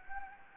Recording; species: mosquito wingbeat signal from an infrared sensor; Anopheles gambiae